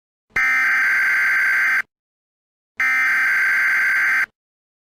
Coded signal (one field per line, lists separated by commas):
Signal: Emergency Alert System (SAME) tones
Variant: header bursts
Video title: top 3 south korean eas alarm